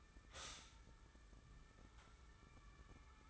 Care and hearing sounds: daily activity, microphone in the room; stop toaster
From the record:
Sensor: 3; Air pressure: 994.4 hPa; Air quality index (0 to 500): 202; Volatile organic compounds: 1000 ppm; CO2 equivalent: 6711 ppm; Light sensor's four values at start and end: 118/279/113/105 and 119/280/114/105

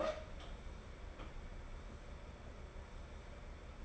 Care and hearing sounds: daily activity, microphone in the room; open door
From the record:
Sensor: 5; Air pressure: 1015.3 hPa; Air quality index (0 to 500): 212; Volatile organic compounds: 11 ppm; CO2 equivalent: 2305 ppm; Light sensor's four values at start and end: 35/80/32/31 and 35/80/32/31

